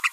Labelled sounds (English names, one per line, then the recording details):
Green-rumped Parrotlet babbling
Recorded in a nest box in Venezuela
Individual 18B25A5